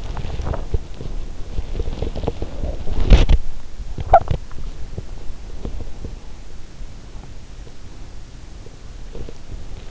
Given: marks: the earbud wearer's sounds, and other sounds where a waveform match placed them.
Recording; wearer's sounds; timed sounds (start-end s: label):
sounds in sleep by an in-ear microphone; body movement
0.00-4.52 s: body movement